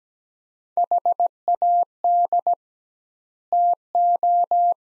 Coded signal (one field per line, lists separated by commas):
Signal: Morse code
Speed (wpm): 17 wpm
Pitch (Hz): 700 Hz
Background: none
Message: HAD TO